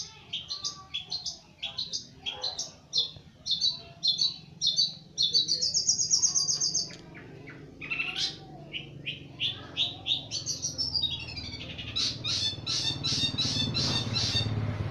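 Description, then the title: Long-tailed shrike singing a varied medley of chirps, squeaky whistles and a rising slurred phrase, ending in rapid buzzy trills over a low background hum. Champion bird. "Kicau Burung Cendet Juara"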